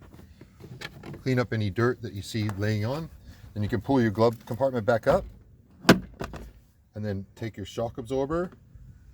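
Someone talks while handling a Toyota RAV4's glove compartment, lifting the plastic glove box back up and bringing its damper arm (the "shock absorber") toward its mount on the glove box. A sharp knock of handling stands out at about 5.9 s between the stretches of speech. The damper arm has not seated or clicked onto its mount yet.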